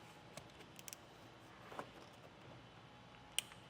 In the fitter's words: you hear a click let you know it's in that position and you're going to have this green indicator